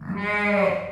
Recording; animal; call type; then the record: contact call of a hoofed animal; sheep; low-frequency (closed-mouth) or high-frequency (open-mouth) call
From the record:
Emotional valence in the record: negative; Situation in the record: short social isolation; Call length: 0.91 s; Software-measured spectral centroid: 1620 Hz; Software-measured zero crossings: 1910 a second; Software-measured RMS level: -24 dBFS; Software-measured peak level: -10 dBFS